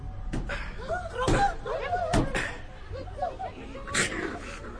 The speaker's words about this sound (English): They went off as if they had received the last possible insult, as I continued to knock on the bronze panels.